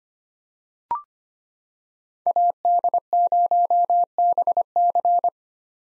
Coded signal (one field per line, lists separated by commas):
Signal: Morse code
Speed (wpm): 25 wpm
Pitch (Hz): 700 Hz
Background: none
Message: AD0BC